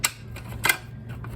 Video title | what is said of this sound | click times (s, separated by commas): Adding Bluetooth to my Nineties Cassette Boombox | hard to do with one hand but it does SNAP into place | 0.0 s, 0.7 s